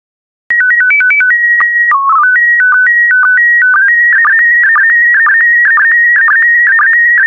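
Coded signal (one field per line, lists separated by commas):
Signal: SSTV (slow-scan television)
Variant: PD120 mode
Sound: steady calibration tones and short stepped beeps, then warbling tone with regular low clicks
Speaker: complete. You can now check your decoded image against the picture that is shown on the video.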